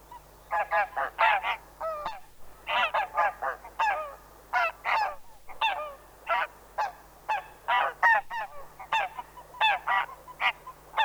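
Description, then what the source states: Greylag Goose calls, harsh nasal honks given almost nonstop in rapid, uneven runs, a faint steady hum in the background. Field recording, released 1984 on a Swedish cassette of mountain and coastal birds.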